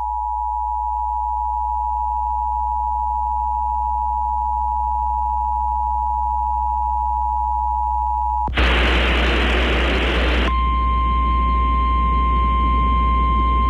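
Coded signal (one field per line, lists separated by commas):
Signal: Emergency Alert System (SAME) tones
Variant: 853 and 960 Hz attention tone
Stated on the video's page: Real captured EAS alerts from Virginia and New York.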